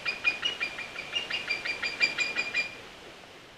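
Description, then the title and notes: White-tailed eagle yelping call, a quick burst of high sharp notes that stops after under three seconds, leaving quiet. "Merikotka. Juha Laaksonen"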